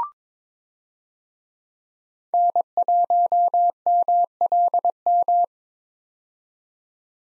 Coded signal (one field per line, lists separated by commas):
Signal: Morse code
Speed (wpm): 22 wpm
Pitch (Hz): 700 Hz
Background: none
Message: N1MLM